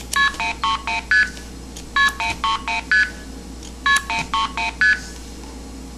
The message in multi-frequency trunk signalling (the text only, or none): KP3STKP3ST KP3ST